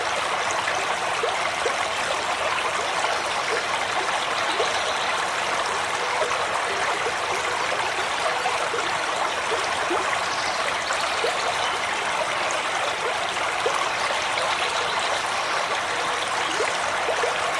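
A forest river flows in a steady, dense rush of splashing water, bright, unchanging throughout with no distinct events standing out.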